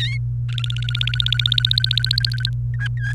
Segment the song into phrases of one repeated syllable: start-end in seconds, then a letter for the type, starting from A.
0.49-2.50 A, 2.74-3.13 B